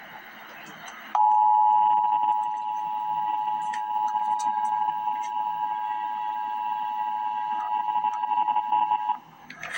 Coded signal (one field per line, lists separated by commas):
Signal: Emergency Alert System (SAME) tones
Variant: 853 and 960 Hz attention tone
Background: speech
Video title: Emergency Alert System - Special Weather Statement - Dec 31, 2025 at 8:47 PM EST